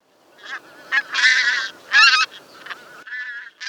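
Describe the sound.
Pink-footed Goose honks: several short, harsh, nasal calls in uneven bursts, some run together, with quiet gaps between.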